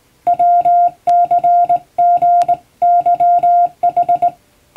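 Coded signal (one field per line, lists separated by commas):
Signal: Morse code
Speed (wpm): 20 wpm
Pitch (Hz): 700 Hz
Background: music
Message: WCGYH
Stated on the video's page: Morse practice for the Japanese radiotelegraph operator exam, recorded on the air on amateur radio; references Japanese Morse at 17 wpm and English at 25 wpm.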